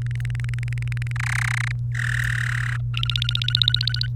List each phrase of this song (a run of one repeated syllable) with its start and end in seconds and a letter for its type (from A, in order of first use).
0.01-1.12 A, 1.16-1.72 B, 1.95-2.76 C, 2.94-4.06 D